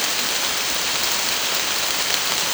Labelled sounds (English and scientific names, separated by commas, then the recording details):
none
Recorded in secondary vegetation near Puerto Asís, Putumayo, Colombia, on 19 June 2025 at 15:00
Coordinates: 0.485, -76.322
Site GP06